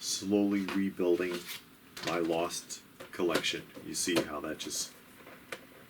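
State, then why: Seated. Someone talks while arranging carded vintage GI Joe ARAH action figures for display and pushes a plastic display fitting into place on a carded figure display. A single sharp click is heard at 5.5 s as the fitting snaps in and seats.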